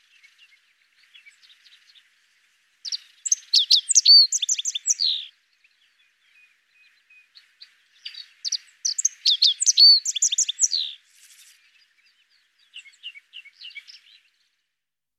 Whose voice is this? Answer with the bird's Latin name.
Emberiza cia